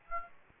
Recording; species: mosquito wingbeat signal from an infrared sensor; Aedes aegypti